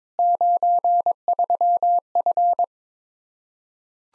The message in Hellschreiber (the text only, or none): none